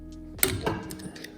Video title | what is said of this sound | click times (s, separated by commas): Yamaha XT500 Tagebuch Teil 25 Getriebewellen Montage | like this minutes over now it clicks into place down here the | 0.4 s